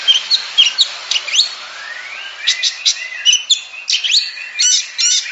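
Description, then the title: Oriental magpie-robin song: bright whistled notes and quick chirps, a few sweeping slurs, given in short bursts with brief pauses between phrases. Champion singing bird. "Kicau Burung Kacer Juara"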